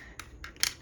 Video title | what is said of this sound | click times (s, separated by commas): Transformers studio series grimlock review (week of SS 86) | bring them to the side until they kind of lock in place kind of rest there | 0.6 s